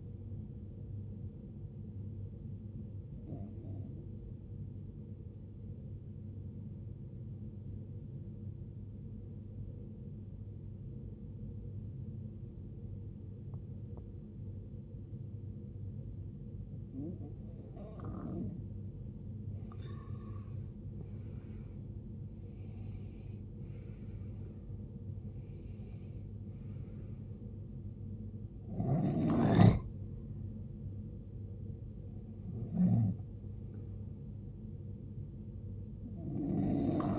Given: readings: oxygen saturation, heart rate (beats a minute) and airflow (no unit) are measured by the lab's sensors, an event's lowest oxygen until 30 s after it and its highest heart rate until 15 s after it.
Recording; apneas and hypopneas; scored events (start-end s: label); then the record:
breathing in sleep by a smartphone at the bedside; 1
9.00-23.60 s: obstructive apnea (N1, oxygen 95% highest, then 88% lowest, heart rate 72 at the start, 80 highest)
From the record:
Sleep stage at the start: N1 (lightest sleep); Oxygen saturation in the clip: 89 to 95%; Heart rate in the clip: 65 to 80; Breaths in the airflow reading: 6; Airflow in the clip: -15.7 to 15.5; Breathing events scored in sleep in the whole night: 389 in 6.3 hours asleep